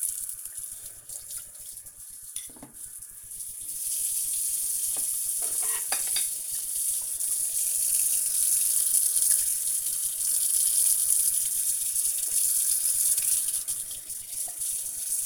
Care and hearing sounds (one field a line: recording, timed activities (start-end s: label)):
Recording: household activities, microphone on the right wrist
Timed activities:
0.00-15.26 s: washing dishes